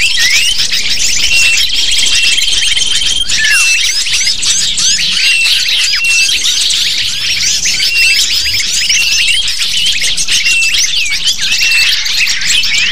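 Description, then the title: Continuous lovebird flock noise, crowded squeaky chirps layered densely, a brief drawn whistle near the start. Lure call to attract lovebirds. "PIKAT BURUNG LOVEBIRD"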